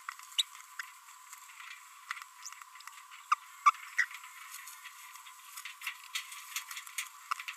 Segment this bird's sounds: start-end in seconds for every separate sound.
0.38-0.41, 0.79-0.81, 3.32-3.34, 3.66-3.70, 3.98-4.05